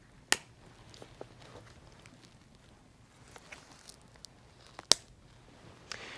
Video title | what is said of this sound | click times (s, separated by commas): Breg T Scope Premier Application Video1 | make sure to push these clips all the way down until you hear a click which will mean it is now locked | 0.3 s, 4.9 s